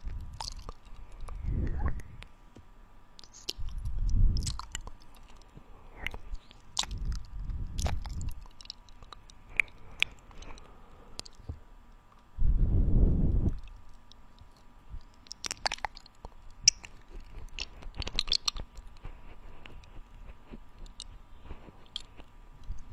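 Mouth sounds with tongue clicks: sharp, bright clicks and pops scattered irregularly, clustering around 15–19 seconds. Between them come low, wet, squishy chewing-like swells lasting about a second each, the loudest near 13 seconds, over a faint steady hum.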